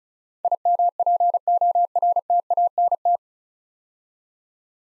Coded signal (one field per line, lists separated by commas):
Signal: Morse code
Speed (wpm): 34 wpm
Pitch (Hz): 700 Hz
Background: none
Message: IMPORTANT